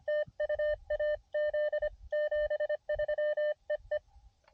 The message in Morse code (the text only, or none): TU AZ 73 EE